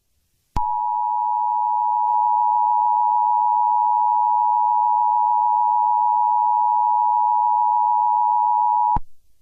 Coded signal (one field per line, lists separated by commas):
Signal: Emergency Alert System (SAME) tones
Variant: 853 and 960 Hz attention tone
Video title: Eas Scenario 016 - Dr. Seuss On The Loose